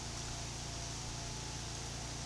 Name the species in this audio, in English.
none